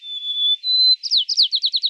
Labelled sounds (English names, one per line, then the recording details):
White-crowned Sparrow song
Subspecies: nuttalli
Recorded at Battery East, California, in 2013
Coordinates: 37.807, -122.473
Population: north
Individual beB_13